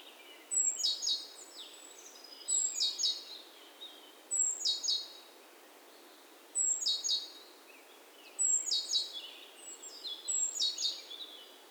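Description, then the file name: Great tit calling steadily, each burst a thin high note sliding into rasping chatter, six bursts roughly two seconds apart, soft background hiss. "Parus major"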